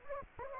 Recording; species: mosquito wingbeat signal from an infrared sensor; Anopheles gambiae